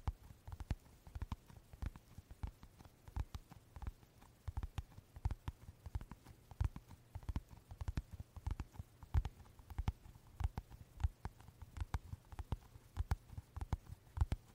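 A card wallet being handled, with dense, irregular clicks and taps throughout, sharp light knocks arriving several times per second over a low hum.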